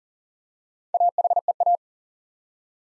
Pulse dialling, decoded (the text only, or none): none